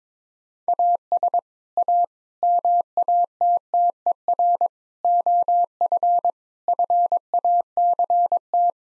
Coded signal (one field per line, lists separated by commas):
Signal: Morse code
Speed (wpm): 22 wpm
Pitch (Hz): 700 Hz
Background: none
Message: AS A MATTER OF FACT